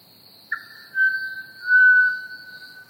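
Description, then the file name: Pied Butcherbird giving one long, pure, level whistle that swells twice in loudness, with crickets trilling steadily behind. "pied butcherbird and crickets chirping"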